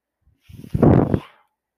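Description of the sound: A single soft rush of air lasts about a second, swelling and then fading, with a low rumbling body and no voice. It is the breath-delivery noise of a person's own home mechanical ventilator in use, heard in the background.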